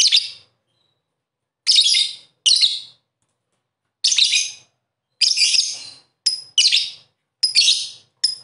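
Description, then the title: Bird singing high chirpy phrases, about nine bursts with quiet gaps between, nothing else audible. "Kicau Burung"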